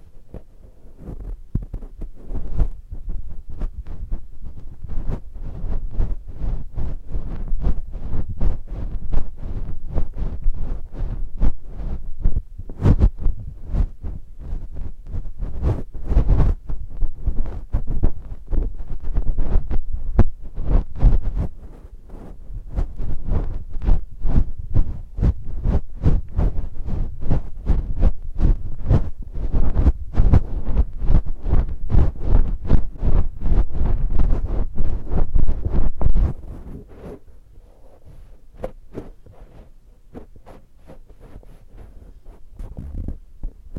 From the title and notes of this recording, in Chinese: 手指觸碰 ASMR，建議戴上耳機聽。